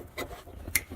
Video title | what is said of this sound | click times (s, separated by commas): This Camry Hard Start Has A Crazy Explanation!! | like so. You heard it snap, and | 0.8 s